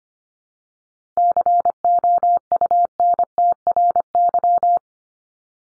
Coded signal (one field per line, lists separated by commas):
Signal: Morse code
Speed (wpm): 25 wpm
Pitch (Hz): 700 Hz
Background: none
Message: COUNTRY